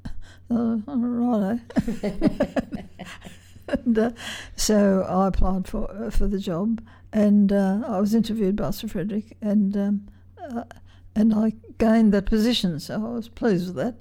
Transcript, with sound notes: Righto. [laughter] So I applied for the job and I was interviewed by Sir Frederick and I gained the position, so I was pleased with that.